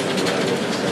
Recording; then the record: background sound without coughing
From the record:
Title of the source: Office Sounds Ambience - Background Noise for Study and Work